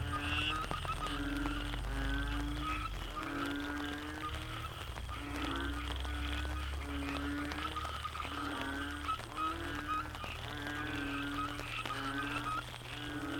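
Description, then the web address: Frogs in a busy chorus of repeated pulsed calls, with a low rumbling background sound. Frogs in the Cherating wetlands, Malaysia. "yamaha frogs cherating wetlands. malaysia"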